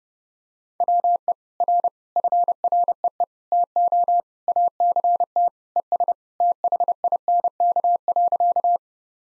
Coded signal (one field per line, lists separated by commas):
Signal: Morse code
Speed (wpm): 30 wpm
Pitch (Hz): 700 Hz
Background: none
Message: WE R FREE TO ACT ES THINK.